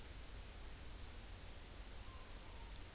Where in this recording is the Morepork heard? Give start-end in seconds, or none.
2.01-2.81